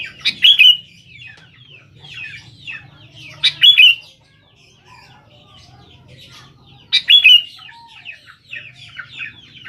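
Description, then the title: Sooty-headed bulbul song in short, loud, bubbly phrases about every three seconds, with softer chattering between them and a faint low hum. "Kutilang"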